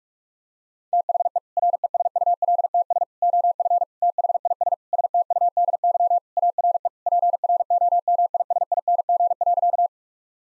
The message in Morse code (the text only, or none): THE RESULTS OF THIS STUDY ARE PROMISING.